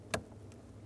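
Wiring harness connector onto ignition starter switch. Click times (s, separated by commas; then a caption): 0.1 s. A plastic wiring harness connector is pushed onto a new ignition starter switch on a 2007-2011 Toyota Camry until it locks. A sharp click is heard at 0.1 s, followed by a much fainter tick at 0.5 s over a low background hum. The connector is seated.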